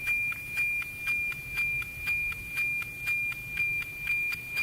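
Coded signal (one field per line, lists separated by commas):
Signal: weather satellite image (APT)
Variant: NOAA APT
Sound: steady high tone with a rhythmic tick-tock twice per second under hiss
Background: radio static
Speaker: you can hear it a bit the signal gets weaker or pretty much more noise is introduced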